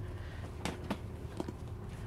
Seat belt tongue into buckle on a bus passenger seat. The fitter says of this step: a seat belt on this side. That locks in place, it's working properly.